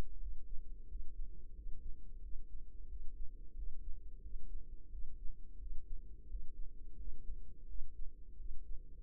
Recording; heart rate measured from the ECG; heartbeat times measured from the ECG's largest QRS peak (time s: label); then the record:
heart sounds by microphone in the right ear; 88 bpm
0.16 s: heartbeat
0.84 s: heartbeat
1.51 s: heartbeat
2.18 s: heartbeat
2.85 s: heartbeat
3.52 s: heartbeat
4.19 s: heartbeat
4.87 s: heartbeat
5.55 s: heartbeat
6.24 s: heartbeat
6.93 s: heartbeat
7.64 s: heartbeat
8.34 s: heartbeat
From the record:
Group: healthy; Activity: rest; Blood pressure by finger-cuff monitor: 123/76 mmHg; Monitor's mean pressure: 93 mmHg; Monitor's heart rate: 88 bpm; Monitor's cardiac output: 6.9 L/min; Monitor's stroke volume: 78 mL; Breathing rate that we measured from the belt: 22 breaths a minute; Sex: female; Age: 32 years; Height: 172 cm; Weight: 71.7 kg